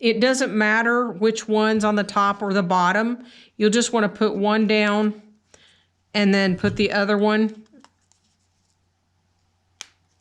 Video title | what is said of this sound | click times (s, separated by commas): Snowglobe Gumball Card Version 4 | And did you hear it click? | 9.8 s